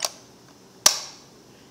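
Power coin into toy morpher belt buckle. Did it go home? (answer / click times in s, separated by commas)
yes / 0.9 s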